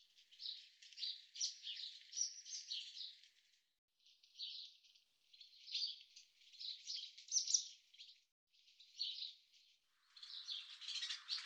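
Barn swallow twittering: rapid, scratchy chirps and warbles in bursts of about one to three and a half seconds separated by short pauses, fairly faint, with no other clear sounds.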